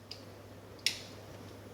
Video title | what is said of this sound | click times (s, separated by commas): ECU Torque System New Style In Cab Tuner Fitting | Perfect. Nice click. | 0.9 s